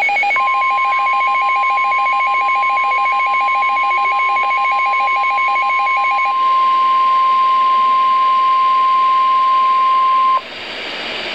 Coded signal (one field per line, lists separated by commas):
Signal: Emergency Alert System (SAME) tones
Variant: 1050 Hz attention tone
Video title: Special Marine Warning (EAS #735)